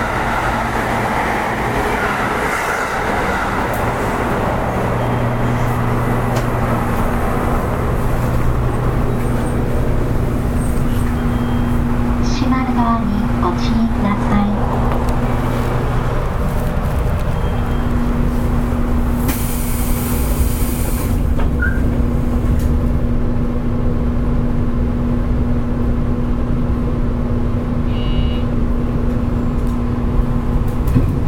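A JR Kyushu 811 series local train runs along the Kagoshima line with a steady, dense low rumble and a constant hum. A faint tone wavers around 12–15 seconds, and a brief bright hiss bursts out near 20 seconds.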